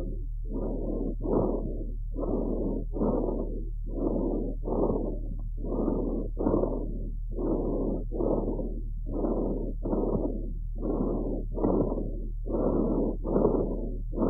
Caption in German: Fohlen mit Bronchitis sind wegen der oft kürzeren Krankheitsdauer an Lunge und Trachea häufiger feuchte Rasselgeräusche hörbar. Zunächst ein feuchtes Rasselgeräusch über der Trachea.